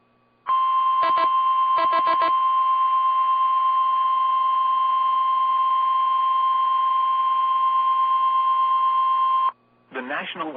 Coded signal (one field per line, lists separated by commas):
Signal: Emergency Alert System (SAME) tones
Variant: 1050 Hz attention tone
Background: speech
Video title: Impact… impact… impact… | 9/1/21 - 2x Flood Warning for rivers in PA on KIH28 (EAS #225-#226)